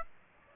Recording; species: mosquito wingbeat signal from an infrared sensor; Aedes aegypti